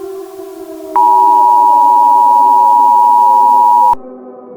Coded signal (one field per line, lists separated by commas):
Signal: Emergency Alert System (SAME) tones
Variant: 853 and 960 Hz attention tone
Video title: IT'S HERE - THE PARASITES [EAS SCENARIO/ANALOG HORROR]